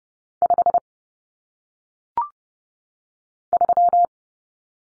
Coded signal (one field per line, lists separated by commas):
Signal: Morse code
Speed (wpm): 30 wpm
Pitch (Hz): 700 Hz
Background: none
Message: 5 3